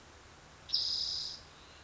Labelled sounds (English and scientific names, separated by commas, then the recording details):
Spotted Towhee (Pipilo maculatus)
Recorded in Sonoma County, California